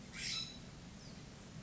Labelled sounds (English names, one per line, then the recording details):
California Scrub-Jay
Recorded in Sonoma County, California